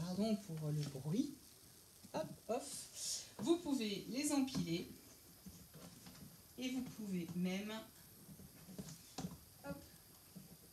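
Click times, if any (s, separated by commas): none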